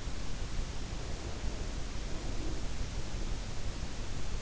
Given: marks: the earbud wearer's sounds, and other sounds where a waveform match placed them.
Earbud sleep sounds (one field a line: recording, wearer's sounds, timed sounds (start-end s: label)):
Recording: sounds in sleep by an in-ear microphone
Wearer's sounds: breath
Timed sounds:
0.70-3.37 s: breath